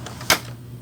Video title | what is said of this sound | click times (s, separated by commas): FEEDER ROLLER ASSYMBLY REPLACEMENT | Yan lck na natin tapos Syempre Ito naman sa taas tanggalin natin sa taas pinaka lock | 0.3 s